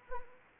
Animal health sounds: mosquito wingbeat signal from an infrared sensor; Anopheles arabiensis

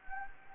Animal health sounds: mosquito wingbeat signal from an infrared sensor; Anopheles gambiae

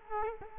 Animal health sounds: mosquito wingbeat signal from an infrared sensor; Culex quinquefasciatus

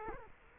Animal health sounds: mosquito wingbeat signal from an infrared sensor; Culex quinquefasciatus

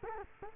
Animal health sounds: mosquito wingbeat signal from an infrared sensor; Culex quinquefasciatus

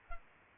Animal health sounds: mosquito wingbeat signal from an infrared sensor; Culex pipiens

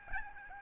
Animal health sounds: mosquito wingbeat signal from an infrared sensor; Aedes albopictus

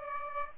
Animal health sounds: mosquito wingbeat signal from an infrared sensor; Aedes aegypti

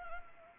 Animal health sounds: mosquito wingbeat signal from an infrared sensor; Anopheles arabiensis

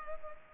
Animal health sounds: mosquito wingbeat signal from an infrared sensor; Culex pipiens

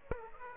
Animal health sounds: mosquito wingbeat signal from an infrared sensor; Aedes aegypti

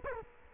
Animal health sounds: mosquito wingbeat signal from an infrared sensor; Culex quinquefasciatus

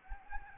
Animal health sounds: mosquito wingbeat signal from an infrared sensor; Anopheles gambiae

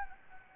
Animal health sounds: mosquito wingbeat signal from an infrared sensor; Anopheles gambiae

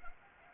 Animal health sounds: mosquito wingbeat signal from an infrared sensor; Anopheles arabiensis

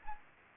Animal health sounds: mosquito wingbeat signal from an infrared sensor; Anopheles arabiensis

